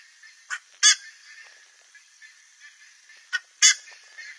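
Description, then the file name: Buff-necked ibis giving two pairs of loud, raspy honks, each a short note then a stronger one, separated by a pause. "canto da curicaca"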